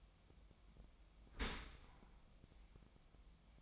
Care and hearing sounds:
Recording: daily activity, microphone in the room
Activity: open dishwasher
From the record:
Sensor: 1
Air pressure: 1004.7 hPa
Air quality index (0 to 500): 117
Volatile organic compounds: 4 ppm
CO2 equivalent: 1625 ppm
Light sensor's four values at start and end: 9/22/8/9 and 9/22/8/9

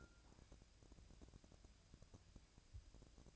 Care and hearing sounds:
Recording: daily activity, microphone in the room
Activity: take from stove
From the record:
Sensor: 2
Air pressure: 999.8 hPa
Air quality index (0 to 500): 122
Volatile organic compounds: 2 ppm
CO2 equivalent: 1056 ppm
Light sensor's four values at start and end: 36/89/39/44 and 36/89/39/44

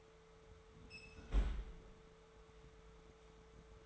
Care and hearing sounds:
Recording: daily activity, microphone in the room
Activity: close fridge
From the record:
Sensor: 3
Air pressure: 1014.8 hPa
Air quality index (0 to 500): 197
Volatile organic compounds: 27 ppm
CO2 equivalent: 2876 ppm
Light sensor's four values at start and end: 37/93/40/42 and 30/74/31/33

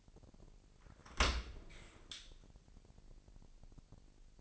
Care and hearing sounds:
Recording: daily activity, microphone in the room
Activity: open dishwasher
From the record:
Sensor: 5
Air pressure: 1000.7 hPa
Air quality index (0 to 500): 248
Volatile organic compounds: 35 ppm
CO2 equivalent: 3052 ppm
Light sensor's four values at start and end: 31/71/28/26 and 31/72/29/27

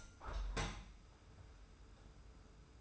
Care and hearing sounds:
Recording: daily activity, microphone in the room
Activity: open window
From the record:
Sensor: 2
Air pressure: 991.1 hPa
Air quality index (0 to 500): 127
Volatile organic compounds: 125 ppm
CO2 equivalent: 3902 ppm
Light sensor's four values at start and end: 37/108/42/40 and 37/108/43/41

